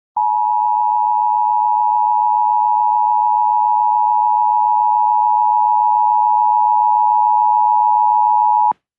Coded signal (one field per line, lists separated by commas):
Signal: Emergency Alert System (SAME) tones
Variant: 853 and 960 Hz attention tone